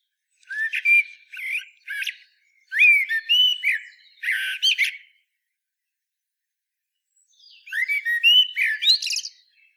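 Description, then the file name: Common blackbird delivering two long warbling phrases of mellow whistled notes mixed with scratchy, high-pitched twitters, separated by a few seconds of quiet. "Turdus merula"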